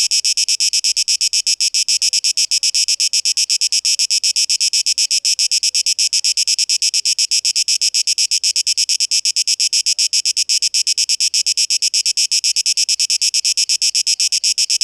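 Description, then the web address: Shrill cicada buzzing, steady and finely pulsed, continuing unchanged with no other sounds. 12 August 2023. "rauschpartikel 2023-08-12 Zikaden"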